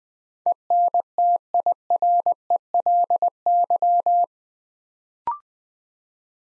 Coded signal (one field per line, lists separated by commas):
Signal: Morse code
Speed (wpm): 20 wpm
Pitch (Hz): 700 Hz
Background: none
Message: ENTIRELY